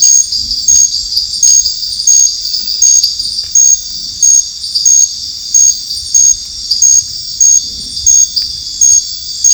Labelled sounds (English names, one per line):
none